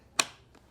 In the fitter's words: So You Hear The Click tuck everything in